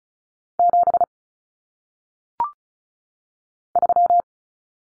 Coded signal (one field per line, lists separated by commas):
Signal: Morse code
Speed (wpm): 36 wpm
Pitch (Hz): 700 Hz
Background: none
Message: 7 3